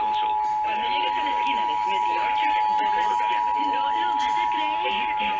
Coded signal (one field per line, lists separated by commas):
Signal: Emergency Alert System (SAME) tones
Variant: 853 and 960 Hz attention tone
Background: speech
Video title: Los Angeles Required Monthly Tests (EAS #2166-2175) 6/30/20